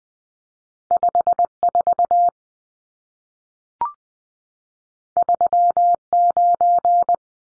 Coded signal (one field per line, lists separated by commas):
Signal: Morse code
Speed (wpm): 20 wpm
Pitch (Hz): 700 Hz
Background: none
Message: 54 39